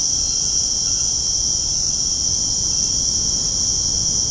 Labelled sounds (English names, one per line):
none